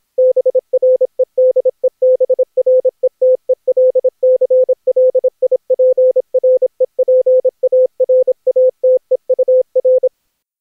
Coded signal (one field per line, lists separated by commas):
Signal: Morse code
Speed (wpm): 26 wpm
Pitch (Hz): 510 Hz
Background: none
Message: BREDEBRETELCLIPREPARATEUR